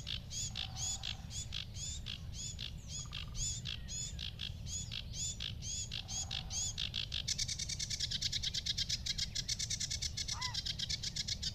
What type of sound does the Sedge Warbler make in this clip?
song